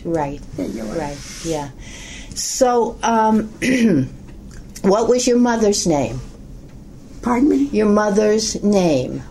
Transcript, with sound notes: Right, right. Yeah. So uh, (clears throat) what was your mother's name?
Pardon me?
Your mother's name?